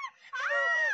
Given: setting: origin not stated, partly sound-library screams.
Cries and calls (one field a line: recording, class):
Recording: one-second piece from a danger detection set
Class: woman in danger